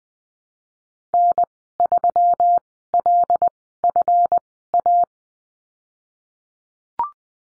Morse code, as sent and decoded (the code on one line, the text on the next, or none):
-. / ...-- / .-.. / ..-. / .-
N 3 L F A